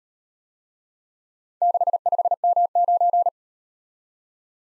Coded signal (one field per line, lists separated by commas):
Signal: Morse code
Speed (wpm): 37 wpm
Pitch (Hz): 700 Hz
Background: none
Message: 65M9